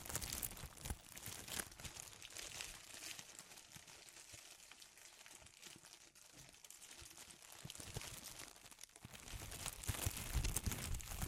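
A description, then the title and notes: Dense, constant crinkling with sharp crackles throughout, easing slightly around the middle and growing louder and busier toward the end. ASMR Sensitive Crinkles (No Talking).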